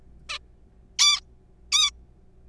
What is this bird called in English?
Zebra Finch